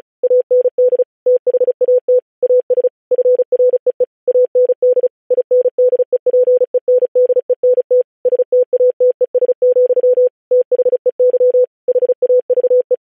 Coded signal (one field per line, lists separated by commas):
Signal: Morse code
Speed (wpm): 36 wpm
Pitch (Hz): 500 Hz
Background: none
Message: AND THAT AS FREE AND INDEPENDENT STATES, THEY HAVE